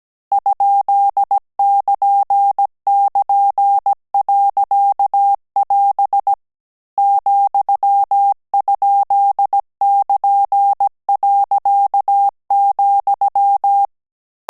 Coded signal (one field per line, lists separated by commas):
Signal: Morse code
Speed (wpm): 17 wpm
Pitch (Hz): 800 Hz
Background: none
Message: ?<KN><KN>.<AS> ,?<KN>.,